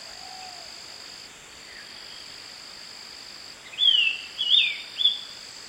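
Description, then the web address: Ringed antpipit calling: three sharp whistled notes in quick succession near the end, against a constant high-pitched hum. Recorded in the eastern lowlands of South America. "Natures Songs S America Eastern Lowlands. Ringed Antpipit"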